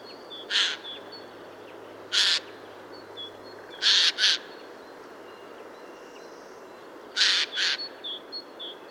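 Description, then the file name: Eurasian jay calling with short, harsh, noisy screeches, some single and some in quick pairs, spaced irregularly, with faint thin whistles from other birds behind. "Garrulus glandarius"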